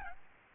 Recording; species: mosquito wingbeat signal from an infrared sensor; Aedes albopictus